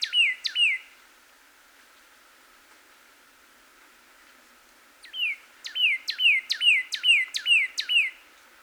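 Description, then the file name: Northern cardinal song: a short pair of slurred notes, then a long pause, then a rapid run of several repeated down-slurred whistles. Recorded 26 April 2019. "2019-04-26 Cardinal"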